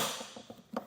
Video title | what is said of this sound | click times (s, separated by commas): etrailer - Installing the Yakima SkyLine Roof Rack on a 2022 Toyota RAV4 | with this tool, whenever you're tightening down bolts, you want to keep going until it clicks. | 0.8 s